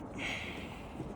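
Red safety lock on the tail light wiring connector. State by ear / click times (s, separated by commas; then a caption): not seated / none. The red plastic safety lock on the tail light wiring connector of a 2022 GMC Sierra 2500 is handled after the plug is connected. A steady, soft rustling hiss is heard, slightly brighter early on, with no sharp transients. Nothing has seated or clicked yet.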